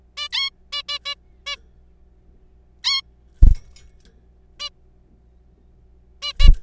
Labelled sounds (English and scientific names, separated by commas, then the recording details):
Zebra Finch (Taeniopygia guttata)
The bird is a juvenile
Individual R3428